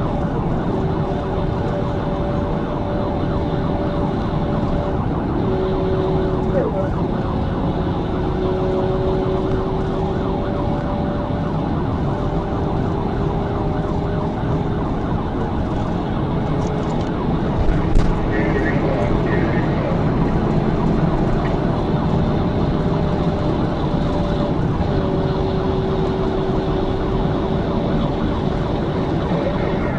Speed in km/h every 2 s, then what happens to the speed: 137, 138, 135, 129, 132, 132, 132, 135, 145, 153, 159, 147, 134, 135, 137.
0-13 steady at about 132. 13-20 speeds up to 159. 20-30 slows to 137.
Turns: none.